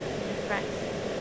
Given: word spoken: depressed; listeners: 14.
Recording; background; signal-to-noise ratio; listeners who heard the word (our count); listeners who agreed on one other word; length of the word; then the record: one English word in noise, from a listening test; speech-shaped noise; -5.4 dB; 0 of 14; 7 of 14; 0.81 s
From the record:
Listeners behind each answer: 7, 2, 1, 1, 1, 1, 1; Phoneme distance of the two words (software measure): 31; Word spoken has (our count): 2 syllables, 7 phonemes, stress on syllable 2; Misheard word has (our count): 1 syllable, 4 phonemes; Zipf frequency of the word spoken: 3.89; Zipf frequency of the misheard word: 4.65